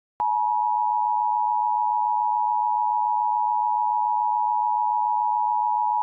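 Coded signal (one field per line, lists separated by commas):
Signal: Emergency Alert System (SAME) tones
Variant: 853 and 960 Hz attention tone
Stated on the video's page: Fictional EAS scenario using valid tones.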